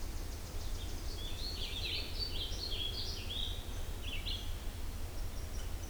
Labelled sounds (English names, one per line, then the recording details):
Red-eyed Vireo song
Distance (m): 25 m
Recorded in boreal forest in Alberta, Canada, on 21 June 2016 at 07:18
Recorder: SongMeter 3, array SBT-6-81
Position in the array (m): 53 m, 268 m